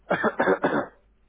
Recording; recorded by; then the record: voluntary cough; telephone call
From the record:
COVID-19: positive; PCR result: checked with the laboratory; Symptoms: yes